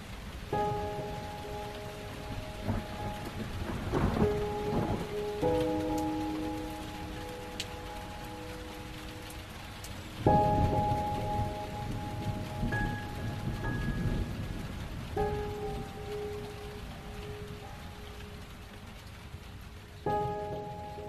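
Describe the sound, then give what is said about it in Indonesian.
Steady heavy rain hisses throughout at night outside an office, broken by a couple of deep thunder rumbles, with soft sustained musical tones drifting underneath and no voices. “Ditambah lagi, hujan sangat deras kala itu, yang membuatku sulit untuk fokus menyelesaikan deadline.”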